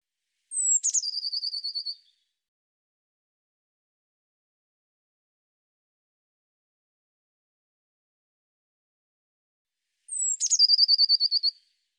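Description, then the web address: Eurasian blue tit call: a thin, high descending note followed by a rapid buzzy trill, given twice about nine seconds apart, otherwise silent. "cianscape birddata Deverinetal 2025 File cleaned normalized Bird Cy Ca"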